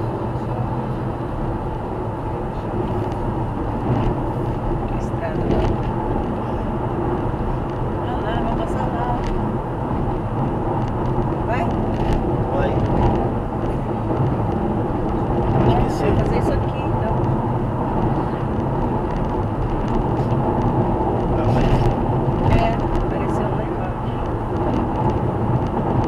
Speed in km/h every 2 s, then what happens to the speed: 109, 110, 111, 111, 110, 110, 111, 111, 112, 114, 113, 111, 111.
0-26 steady at about 111.